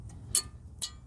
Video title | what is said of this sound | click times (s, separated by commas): 2010 Nissan Rogue Front Brake Pad Replacement. Brake repair Cincinnati near ohio | and they just snap down | 0.4 s